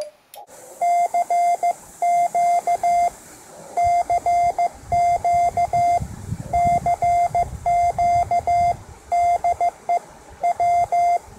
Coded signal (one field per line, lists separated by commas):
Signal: Morse code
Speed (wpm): 15 wpm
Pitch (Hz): 700 Hz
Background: none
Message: CQ CQ CQ DE W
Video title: QRP Bear River Newry ME